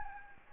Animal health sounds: mosquito wingbeat signal from an infrared sensor; Anopheles gambiae

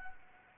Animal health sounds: mosquito wingbeat signal from an infrared sensor; Anopheles arabiensis

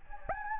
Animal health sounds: mosquito wingbeat signal from an infrared sensor; Anopheles gambiae

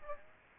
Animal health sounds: mosquito wingbeat signal from an infrared sensor; Aedes aegypti

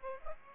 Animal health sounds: mosquito wingbeat signal from an infrared sensor; Aedes aegypti

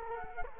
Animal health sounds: mosquito wingbeat signal from an infrared sensor; Culex quinquefasciatus

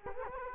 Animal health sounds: mosquito wingbeat signal from an infrared sensor; Culex quinquefasciatus

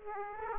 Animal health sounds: mosquito wingbeat signal from an infrared sensor; Aedes aegypti

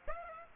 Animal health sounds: mosquito wingbeat signal from an infrared sensor; Aedes aegypti

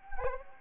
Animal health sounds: mosquito wingbeat signal from an infrared sensor; Anopheles gambiae

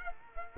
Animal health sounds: mosquito wingbeat signal from an infrared sensor; Culex quinquefasciatus

